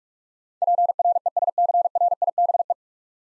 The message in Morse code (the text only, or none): PRESCRIBE